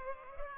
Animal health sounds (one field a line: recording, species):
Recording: mosquito wingbeat signal from an infrared sensor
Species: Culex pipiens